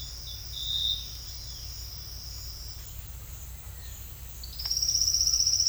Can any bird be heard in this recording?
no